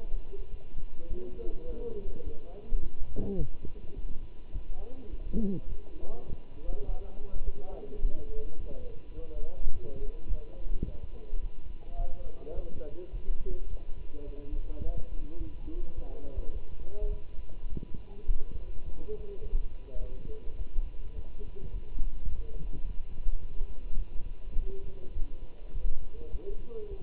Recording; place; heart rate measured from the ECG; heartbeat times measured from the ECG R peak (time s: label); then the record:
heart sounds by stethoscope; between the tricuspid and mitral areas; 105 bpm
0.52 s: heartbeat
1.09 s: heartbeat
1.67 s: heartbeat
2.25 s: heartbeat
2.82 s: heartbeat
3.39 s: heartbeat
3.96 s: heartbeat
4.54 s: heartbeat
5.11 s: heartbeat
5.69 s: heartbeat
6.27 s: heartbeat
6.87 s: heartbeat
7.45 s: heartbeat
8.02 s: heartbeat
8.59 s: heartbeat
9.16 s: heartbeat
9.73 s: heartbeat
10.29 s: heartbeat
10.86 s: heartbeat
11.42 s: heartbeat
11.98 s: heartbeat
12.55 s: heartbeat
13.13 s: heartbeat
13.70 s: heartbeat
14.27 s: heartbeat
14.83 s: heartbeat
15.40 s: heartbeat
15.96 s: heartbeat
16.54 s: heartbeat
17.12 s: heartbeat
17.70 s: heartbeat
18.28 s: heartbeat
18.85 s: heartbeat
19.43 s: heartbeat
20.01 s: heartbeat
20.59 s: heartbeat
21.16 s: heartbeat
21.73 s: heartbeat
22.28 s: heartbeat
22.84 s: heartbeat
23.41 s: heartbeat
23.98 s: heartbeat
24.56 s: heartbeat
25.15 s: heartbeat
25.75 s: heartbeat
26.32 s: heartbeat
26.91 s: heartbeat
From the record:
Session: walking at 3.7 km/h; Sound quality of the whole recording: good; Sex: male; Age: 24 years